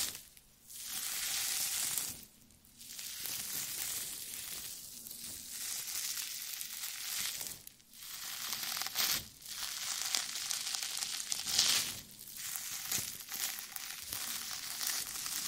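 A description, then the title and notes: Jelly being squished and handled, wet crackling squelches in dense bursts, broken by brief near-silent pauses about every couple of seconds. ASMR Stress Relieving Jelly Sounds For Sleep.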